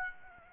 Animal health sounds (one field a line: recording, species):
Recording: mosquito wingbeat signal from an infrared sensor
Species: Aedes aegypti